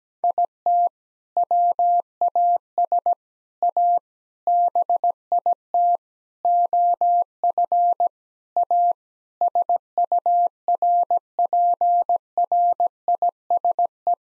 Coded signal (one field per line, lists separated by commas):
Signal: Morse code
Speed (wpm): 17 wpm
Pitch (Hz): 700 Hz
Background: none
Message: IT WAS A BIT OF A SURPRISE